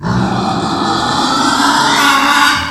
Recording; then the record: squeal of a Yucatan mini pig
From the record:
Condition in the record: after surgery on the right vocal fold (resection and tissue-engineered implant); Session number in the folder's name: 16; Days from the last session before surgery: 183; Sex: female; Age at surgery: 19 weeks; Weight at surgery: 25 kg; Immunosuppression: prednisolone